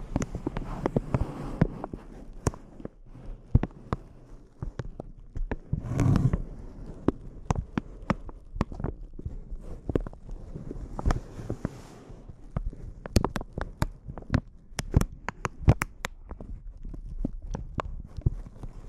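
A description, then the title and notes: Close-up crinkling with sharp, irregular crackles scattered throughout, clustering densely around 13 to 16 seconds. A low rustling murmur runs underneath, fuller in the first few seconds, with a brief smeared swell near 6 seconds. ASMR Intense Close-Up Crinkles (No Talking).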